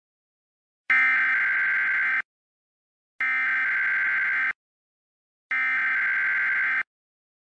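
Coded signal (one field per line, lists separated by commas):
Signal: Emergency Alert System (SAME) tones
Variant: header bursts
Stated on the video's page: Mock EAS alert, simulated scenario.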